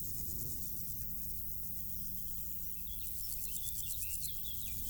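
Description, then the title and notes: Grass insects give high rasping stridulation in rapid pulses, joined midway by thin bird whistles and chirps over a constant low background rumble. Insects stridulating in grass on île Gabriel, Brangues, France, during a Rhône scouting trip; sunny summer afternoon, June 2021; two small Lom Usi Pro capsules in AB stereo with SD MixPre 6. "île Gabriel - Brangues, France - Bourdons et crissements estivaux. Une après-midi ensoleillée sur l'île Gabriel. en juin 2021. je dépose deux petites capsules dans l'herbe afin de capter les stridulations des insectes à cette saison"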